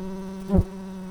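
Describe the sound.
Tree bumblebee worker buzzing with a steady low droning hum and clear overtones, briefly swelling louder in the middle.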